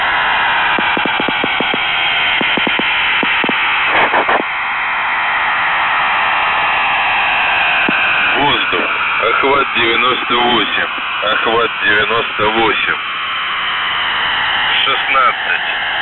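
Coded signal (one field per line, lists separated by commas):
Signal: coded military voice message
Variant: The Goose, Russian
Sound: heavy radio static with crackles, then a short spoken voice message in Russian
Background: radio static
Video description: "The Goose" is a Russian military radiostation that broadcasts on 4310 kHz at daytime and on 3243 kHz at nighttime.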